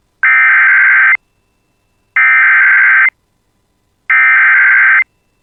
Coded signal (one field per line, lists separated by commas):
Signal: Emergency Alert System (SAME) tones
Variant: header bursts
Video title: [EAS] Severe Thunderstorm Expansion for Most of East Central Minnesota (6/29/26)